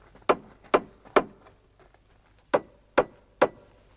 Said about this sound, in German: Die Haustür ist ja offen. Stimmt. Also trotzdem klopf, lieber John.